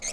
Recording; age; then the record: pig call; piglet (1 to 25 days)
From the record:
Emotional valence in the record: negative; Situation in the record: long isolation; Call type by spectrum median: high-frequency call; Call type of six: low-frequency tonal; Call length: 0.14 s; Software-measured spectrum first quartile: 2075 Hz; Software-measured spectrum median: 5368 Hz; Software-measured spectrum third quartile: 6809 Hz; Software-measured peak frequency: 6450 Hz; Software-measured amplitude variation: 104 dB a second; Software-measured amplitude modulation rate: 11.1 a second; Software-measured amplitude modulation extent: 9.3 dB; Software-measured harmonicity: 6.0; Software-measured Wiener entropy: -2.15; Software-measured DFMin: 670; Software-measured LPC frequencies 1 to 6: 653, 2187, 4351, 5264, 6396, 7017 Hz